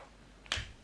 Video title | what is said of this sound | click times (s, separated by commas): AIY Build feat. Ben & Daddy | everything you hear it click there's a push down on this side first | 0.5 s